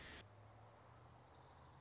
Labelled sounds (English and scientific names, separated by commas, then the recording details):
Orange-crowned Warbler (Leiothlypis celata)
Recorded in Sonoma County, California